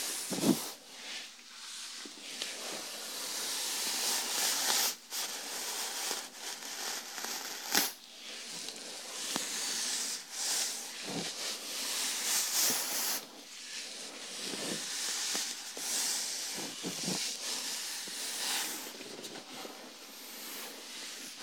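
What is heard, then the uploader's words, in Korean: Shampoo lathering and scalp massage make a dense, steady hiss of rubbing and scrubbing that fills the whole clip, bright and airy with little low end. Occasional sharp taps or clicks cut through, near the start, around 5 and 8 seconds, and again around 17 seconds. 토탈케어 F코스 ASMR (샴푸, 스킨케어, 두피마사지, 헤어브러싱).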